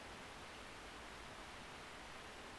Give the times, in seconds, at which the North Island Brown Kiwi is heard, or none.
none